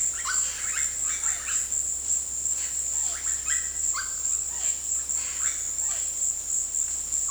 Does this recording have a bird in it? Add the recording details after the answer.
yes. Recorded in dense forest near Puerto Asís, Putumayo, Colombia, on 20 February 2024 at 15:30. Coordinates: 0.485, -76.318. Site G6408